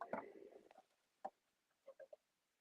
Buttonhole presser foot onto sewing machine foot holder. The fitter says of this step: here we go. Lower the foot. And it snapped in place really well.